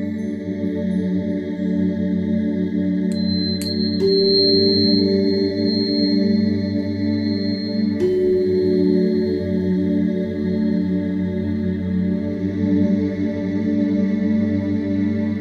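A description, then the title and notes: Soothing music rings with steady low tones while clear struck tones, like tuning forks, sound near 4 and 8 seconds and slowly fade. This podcast has no talking just soothing music and Tuning Forks to help you balance your energies.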